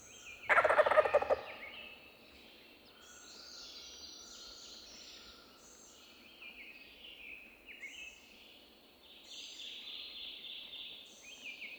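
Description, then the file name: Wild turkey gobble, one loud rattling burst near the start, followed by small birds singing high, thin, repeated phrases through the rest. "Wild Turkey - Meleagris gallopavo"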